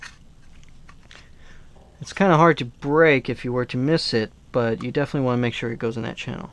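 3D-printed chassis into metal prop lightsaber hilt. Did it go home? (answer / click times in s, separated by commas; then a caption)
no / none. A 3D-printed chassis is fed into a metal prop lightsaber hilt with its auxiliary switch tab lined up with the channel, which it must go into before being pushed home. Small, faint handling taps and rubs fill the first two seconds, then someone talks. Nothing has seated or clicked yet.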